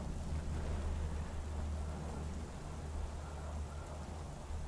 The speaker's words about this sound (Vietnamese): Một tiếng sấm lớn rền vang át đi mọi âm thanh. Tia sét len lỏi qua tầng mây, kim thẳng xuống mái ngôi nhà hoang. Một tiếng gào thét xé toạc không gian, nó hòa cùng với tiếng sấm tạo nên một âm thanh ghê rợn, làm hoang mang cả một vùng.